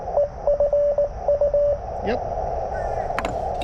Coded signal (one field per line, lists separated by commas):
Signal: Morse code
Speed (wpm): 20 wpm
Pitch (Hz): 580 Hz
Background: speech, radio noise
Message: EFU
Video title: CW POTA with the Speed-X Model 500 Bug